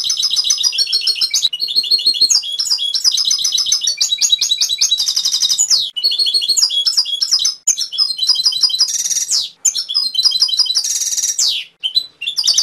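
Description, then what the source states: Canary song, continuous and varied, with rapid repeated trilled phrases, buzzy high rolls and sweeping notes, broken by only a few short pauses. Canary training (masteran) song with full fill-in (isian) phrases.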